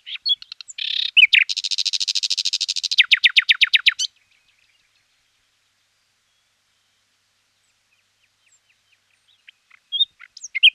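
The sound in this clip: Common nightingale song with a rapid buzzy trill, then repeated sharp clicking notes, followed by silence and a few scattered chirps returning at the end.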